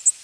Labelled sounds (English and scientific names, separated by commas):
Tennessee Warbler (Leiothlypis peregrina) flight call